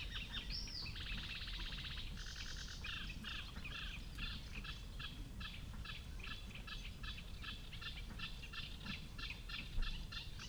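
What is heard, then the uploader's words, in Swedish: Reed-bed birds sing persistently, a sedge warbler's rapid chattering phrases repeating in steady bursts through the whole clip, with a brief rising whistle near the start. A constant low rumble of wind or traffic lies underneath, with a small knock near the end. Dalbyvikens ljudlandskap i maj. Ljuden är inspelade med Telingas SSM-mikrofon och en Olympus LS-14 samt PRO-8 MK2 parabolmikrofon och en Zoom H4.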